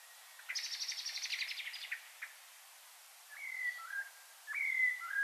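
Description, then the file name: Common blackbird song: a fast chattering run of high notes, then two separate slurred fluty whistles after a pause. "Turdus merula"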